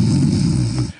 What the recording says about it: You can hear the guy snoring. You can hear him snoring. And in the background, you hear the crickets. You could actually hear the crickets over the phone.